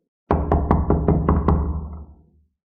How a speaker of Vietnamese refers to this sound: Không lâu sau, cửa sân vang lên tiếng đập cửa.